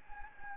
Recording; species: mosquito wingbeat signal from an infrared sensor; Anopheles gambiae